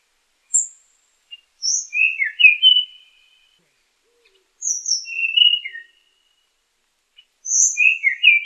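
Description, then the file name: Tanahjampea Blue Flycatcher singing three clear phrases, each opening with a very high thin note and running into a warbled, slurred whistle, separated by pauses of about one and a half seconds. "sikatan tanahjampea"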